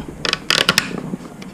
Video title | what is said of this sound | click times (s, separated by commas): HOW TO CHANGE LENS - EVO GSX 3000 - EVO PHILIPPINES | Pag narinig mo na yung click sound, | 0.5 s